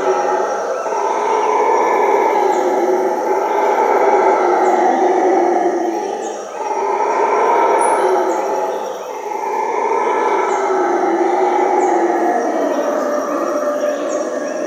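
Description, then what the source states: Howler monkey howling chorus, deep roaring waves that swell and fade, with faint high chirping in the background. Howling at midnight.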